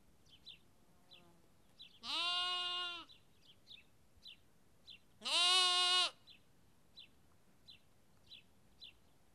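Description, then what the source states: Sheep: lamb bleating twice, with thin bird chirps scattered before, between and after. Lamb, recorded at Kakopetria, Cyprus.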